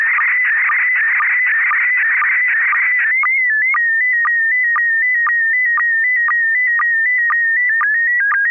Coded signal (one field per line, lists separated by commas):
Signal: SSTV (slow-scan television)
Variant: PD 120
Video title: N6NA SSTV Net - 11/22/2023